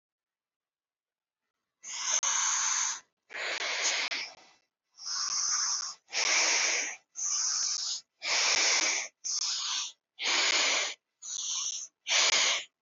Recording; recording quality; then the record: shallow breathing; excellent, no background noise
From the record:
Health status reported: healthy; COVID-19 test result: negative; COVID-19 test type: RT-PCR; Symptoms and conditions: cough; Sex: female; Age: 23 years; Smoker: no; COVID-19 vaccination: one dose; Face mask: worn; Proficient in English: yes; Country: India